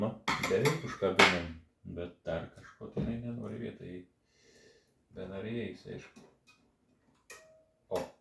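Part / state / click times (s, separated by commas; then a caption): small hooked part (string/spring) in a cassette deck mechanism / seated / 7.3 s. During servicing of an Akai GX-R99 cassette deck, a small hooked part (string or spring) in the mechanism is worked into place while someone talks. After earlier failed tries, it catches with a sharp tick at 7.3 s and seats.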